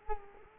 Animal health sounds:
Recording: mosquito wingbeat signal from an infrared sensor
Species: Culex quinquefasciatus

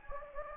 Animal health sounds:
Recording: mosquito wingbeat signal from an infrared sensor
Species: Anopheles gambiae

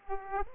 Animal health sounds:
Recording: mosquito wingbeat signal from an infrared sensor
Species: Aedes aegypti

